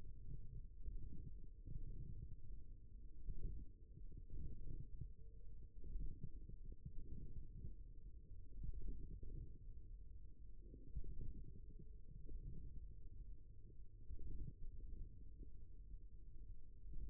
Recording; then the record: forearm muscle sounds (acoustic myography)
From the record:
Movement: wrist flexion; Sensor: system 1, eight BSWA MPA416 microphones around the upper forearm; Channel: 7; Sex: male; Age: 54 years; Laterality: right